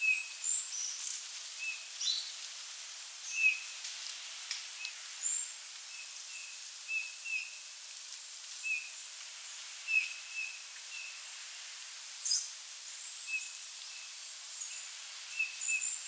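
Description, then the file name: Eurasian bullfinch giving soft, short piping whistles, repeated irregularly throughout, with thin high chirps in the background. "Pyrrhula pyrrhula"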